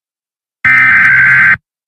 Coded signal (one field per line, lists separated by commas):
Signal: Emergency Alert System (SAME) tones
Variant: header bursts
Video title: EAS Bulletin: Extreme Fire Danger In Topeka, KS March 8, 2021